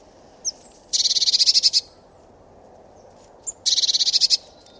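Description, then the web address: Eurasian blue tit scolding call: a single high note, then a rapid buzzy churr of many pulses, repeated once about three seconds later. "cianscape birddata Deverinetal 2025 Bird Only Cy Ca"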